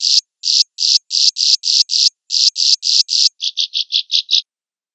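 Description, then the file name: Swiftlet calling with loud, grating chirps repeated in quick sets, followed by a faster string of six brief, softer chirps; no other sounds. "suara burung walet"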